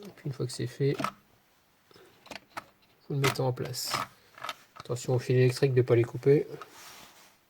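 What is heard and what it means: While reassembling a Philips GC6615 steam generator iron, a plastic housing part is fitted into the steam generator body, taking care not to pinch the electrical wire. Someone talks over faint handling noises, with two brief taps around 2.3 s. Nothing has seated or clicked yet.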